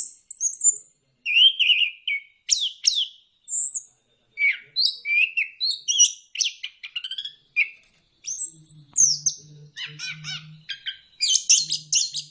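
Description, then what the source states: Bird song: a long mix of whistles, quick trills and harsh rattles that grows denser and buzzier towards the end. Bird chirping song played for training and mastering pet birds.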